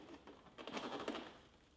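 A plastic evaporator cover for a Samsung freezer compartment is handled while being fitted, with its top inserted into the slot in the ceiling before the bottom parts are pushed toward their snap. Soft handling noises include brief sharp knocks around 0.7 s and 1.1 s. The cover has not snapped into place yet, and nothing has seated.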